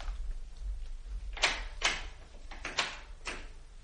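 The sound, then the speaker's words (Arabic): A bathroom door is shut as a man goes into the bathroom, with a quick series of wooden knocks and latch clicks spread over a couple of seconds, moderately loud over a low background hum. “يدخل دورة المياه ويغلق عليه الباب.”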